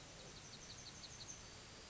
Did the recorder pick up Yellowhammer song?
yes